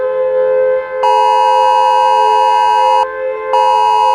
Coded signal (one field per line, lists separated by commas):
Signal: Emergency Alert System (SAME) tones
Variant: 853 and 960 Hz attention tone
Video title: 25 New EAS Alarm Requested By @marthaLM7391